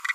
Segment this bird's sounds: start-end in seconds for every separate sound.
0.08-0.12